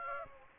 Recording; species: mosquito wingbeat signal from an infrared sensor; Aedes aegypti